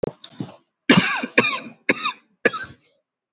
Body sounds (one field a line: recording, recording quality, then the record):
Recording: heavy voluntary cough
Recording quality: excellent, no background noise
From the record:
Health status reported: COVID-19 positive, no symptoms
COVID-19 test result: positive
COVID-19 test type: RT-PCR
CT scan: not taken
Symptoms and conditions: cough, breathing difficulty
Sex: male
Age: 52 years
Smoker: yes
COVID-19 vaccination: one dose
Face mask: worn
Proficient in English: yes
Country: India